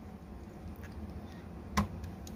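A flat screwdriver pushes a crimped power contact into a plastic 30 Amp PowerPole connector housing. The contact clicks in sharply at 1.8 s, followed by a couple of faint ticks, and it is seated.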